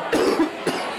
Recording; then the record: coughing mixed with background sound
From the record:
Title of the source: Coughing 77